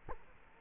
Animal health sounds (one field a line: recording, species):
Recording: mosquito wingbeat signal from an infrared sensor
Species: Culex quinquefasciatus